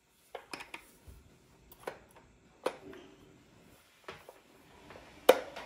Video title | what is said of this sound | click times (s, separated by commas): Valentine's Day Brunch: Cooking & Cleaning with My Kids - Heartwarming Family Fun | there it is you hear that little click and now you go slowly | 5.3 s